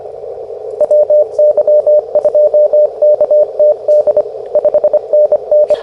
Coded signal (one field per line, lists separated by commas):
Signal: Morse code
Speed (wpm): 23 wpm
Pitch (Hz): 600 Hz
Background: radio noise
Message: WY2KTD 5NN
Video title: Let’s Play: Morse Runner!